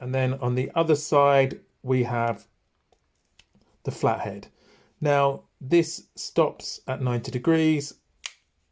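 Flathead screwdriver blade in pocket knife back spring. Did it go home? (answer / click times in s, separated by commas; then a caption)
yes / 8.3 s. A Victorinox Hercules pocket knife's flathead screwdriver and cap lifter blade is opened to its full stop against the back spring while someone talks. Faint small clicks sound around 2.9–3.4 s, then a sharp, firm snap at 8.3 s as the blade seats in its open position.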